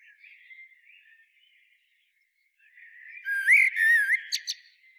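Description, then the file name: Common blackbird song: soft, low fluty warbling, a pause, then a loud mellow whistled phrase followed by two thin, high squeaky notes. "Turdus merula"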